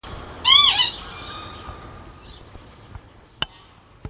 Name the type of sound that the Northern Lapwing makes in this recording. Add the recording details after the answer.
call. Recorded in captivity. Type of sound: call. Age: adult. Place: Zoo Schwerin, Mecklenburg-Vorpommern, DE. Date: 1982-06-15 18:20. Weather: cloudy - fair, 17°C. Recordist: Tembrock, Günter. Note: Ruf